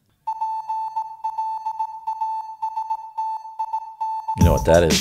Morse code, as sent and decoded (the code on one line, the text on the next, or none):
.--. .-.. .- ... - .. -.-.
PLASTIC